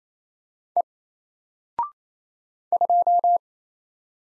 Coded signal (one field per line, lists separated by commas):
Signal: Morse code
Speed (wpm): 27 wpm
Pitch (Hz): 700 Hz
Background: none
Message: E 2